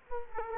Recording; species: mosquito wingbeat signal from an infrared sensor; Culex quinquefasciatus